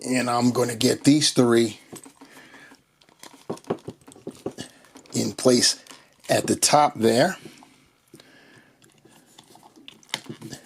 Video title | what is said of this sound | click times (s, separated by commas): Marvel Legends Gargantos AKA Shuma Gorath Gamerverse Deluxe Figure Review | That one snapped in. You could hear the click. | 10.1 s